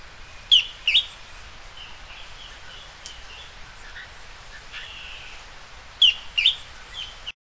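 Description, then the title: Bird song: brief high, chirpy phrases near the start and again about six seconds in, with scattered faint notes between, over steady background hiss. "LuckyPassaro Completos2Sama"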